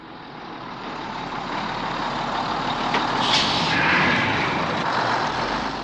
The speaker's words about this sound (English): And what's this? It's a bus.